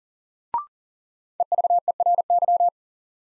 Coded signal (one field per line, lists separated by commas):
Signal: Morse code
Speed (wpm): 40 wpm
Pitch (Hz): 700 Hz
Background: none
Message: EVERY